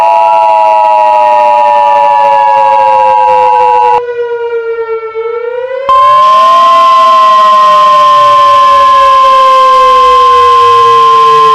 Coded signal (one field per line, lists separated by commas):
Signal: Emergency Alert System (SAME) tones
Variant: 853 and 960 Hz attention tone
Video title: The Touch (An EAS Scenario)